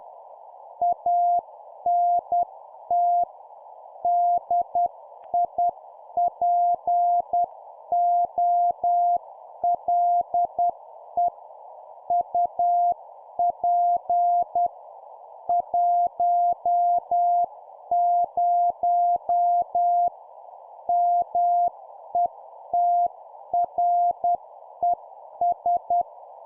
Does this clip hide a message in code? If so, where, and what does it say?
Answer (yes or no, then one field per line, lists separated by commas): yes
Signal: Morse code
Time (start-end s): 0.8-26.0 s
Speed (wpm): 10 wpm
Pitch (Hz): 700 Hz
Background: none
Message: ANT DIPOLE UP 10 METRES